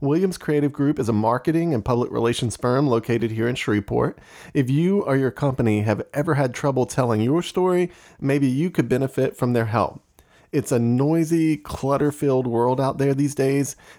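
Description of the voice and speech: A man reads a sponsor message for a marketing firm in clear, steady, fluent speech with ordinary voice quality.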